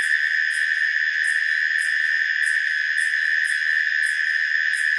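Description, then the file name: Insects: a steady shrill trill with regular high chirps pulsing on top. Recorded at night in autumn in Australia. "zapsplat animals insects night australia"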